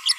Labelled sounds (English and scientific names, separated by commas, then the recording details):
Green-rumped Parrotlet (Forpus passerinus) babbling
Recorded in a nest box in Venezuela
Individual 18B25A5